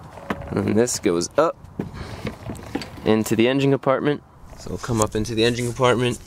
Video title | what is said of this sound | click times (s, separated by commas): How to Replace a Front Wheel Bearing | now we're bring this up here snap this right in | 0.3 s